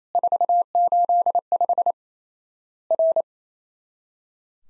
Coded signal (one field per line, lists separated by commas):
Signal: Morse code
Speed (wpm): 28 wpm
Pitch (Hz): 700 Hz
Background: none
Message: 485 R